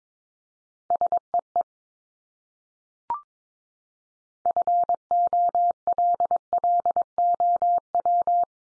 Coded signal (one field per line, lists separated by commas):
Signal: Morse code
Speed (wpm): 22 wpm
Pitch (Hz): 700 Hz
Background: none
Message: SEE FOLLOW